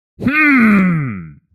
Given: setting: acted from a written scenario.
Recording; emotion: vocal sound without words; anger